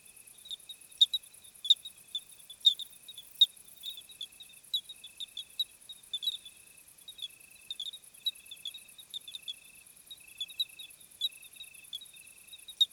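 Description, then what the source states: Faint cricket chirps in a steady train, with a high shimmering insect buzz and many irregular ticks and clicks over the top. Summer evening chorus of crickets, 26 July 2020 at 21:15, Plateau de Lesches-en-Diois, hot night, recorded on Nagra Seven with B&K omni microphone.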